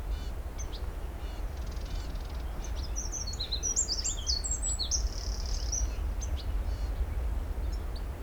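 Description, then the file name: Eurasian wren song: a rapid run of high, varied chirps and short trills lasting about three seconds, with faint ticking before it and a constant low background hum. "Troglodytes troglodytes"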